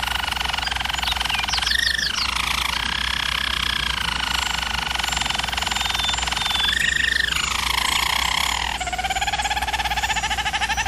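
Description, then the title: German Roller canary song, a sustained rolling trill interrupted twice by brief higher notes, with a low background hum. German Roller canary singing, used for canary training. "German Roller Canary Singing - Canary Training Vid"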